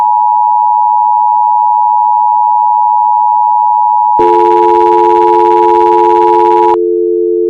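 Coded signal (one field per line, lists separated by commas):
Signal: Emergency Alert System (SAME) tones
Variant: 853 and 960 Hz attention tone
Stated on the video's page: Fictional EAS scenario; tones may not be valid EAS tones.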